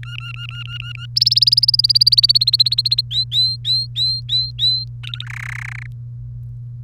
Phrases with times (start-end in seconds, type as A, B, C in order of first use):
0.03-1.06 A, 1.16-3.01 B, 3.11-4.85 C, 5.03-5.25 D, 5.26-5.86 E